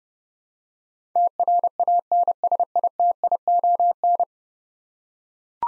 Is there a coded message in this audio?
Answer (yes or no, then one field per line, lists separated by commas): yes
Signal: Morse code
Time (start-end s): 1.2-4.2 s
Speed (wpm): 30 wpm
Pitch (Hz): 700 Hz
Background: none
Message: TRANSITION